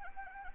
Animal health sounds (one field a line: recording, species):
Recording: mosquito wingbeat signal from an infrared sensor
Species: Anopheles arabiensis